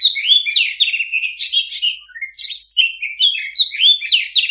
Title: mster Mnuk. Suara Masteran Kacer Gacor. Kacer Bisu